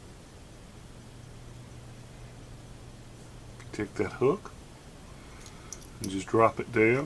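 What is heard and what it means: The hook of a metal Glock 3.5 trigger connector is guided toward the small hole in a pistol trigger housing to be dropped down into it. Over a steady low hiss, someone talks, with a faint light tick near 5.7 s. The connector has not yet snapped into place; nothing has seated yet.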